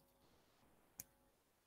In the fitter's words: get it a nice click and we're good to go